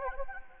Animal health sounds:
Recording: mosquito wingbeat signal from an infrared sensor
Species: Anopheles gambiae

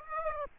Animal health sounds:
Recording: mosquito wingbeat signal from an infrared sensor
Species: Aedes aegypti

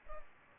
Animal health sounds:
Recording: mosquito wingbeat signal from an infrared sensor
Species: Culex pipiens

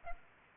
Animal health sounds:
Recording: mosquito wingbeat signal from an infrared sensor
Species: Aedes aegypti

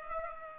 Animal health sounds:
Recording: mosquito wingbeat signal from an infrared sensor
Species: Culex pipiens

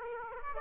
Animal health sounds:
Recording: mosquito wingbeat signal from an infrared sensor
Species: Aedes aegypti

